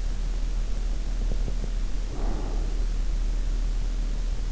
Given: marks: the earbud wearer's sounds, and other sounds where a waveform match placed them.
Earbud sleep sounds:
sounds in sleep by an in-ear microphone; teeth grinding, breath
1.10-1.85 s: teeth grinding
2.05-3.08 s: breath

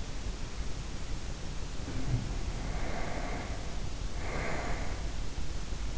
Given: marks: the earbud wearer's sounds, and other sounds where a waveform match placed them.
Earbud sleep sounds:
sounds in sleep by an in-ear microphone; breath
1.73-5.37 s: sound from someone else or the room
2.44-5.37 s: breath

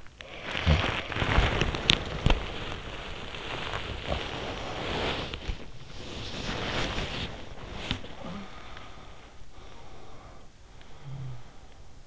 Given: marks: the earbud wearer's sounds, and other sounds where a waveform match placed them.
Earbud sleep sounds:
sounds in sleep by an in-ear microphone; body movement, breath
0.00-8.71 s: body movement
9.50-12.07 s: breath

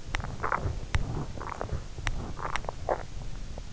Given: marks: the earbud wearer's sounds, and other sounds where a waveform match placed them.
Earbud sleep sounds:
sounds in sleep by an in-ear microphone; teeth grinding
0.00-3.04 s: teeth grinding

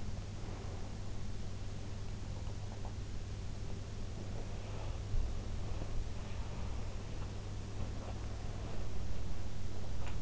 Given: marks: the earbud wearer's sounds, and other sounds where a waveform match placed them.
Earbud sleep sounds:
sounds in sleep by an in-ear microphone; breath
4.22-10.22 s: breath

